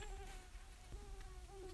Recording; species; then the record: mosquito flight sound by mobile phone; Aedes sierrensis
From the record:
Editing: cut to the mosquito's sound